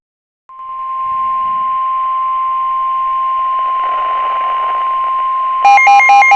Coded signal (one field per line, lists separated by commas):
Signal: Emergency Alert System (SAME) tones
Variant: 1050 Hz attention tone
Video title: EAS Alerts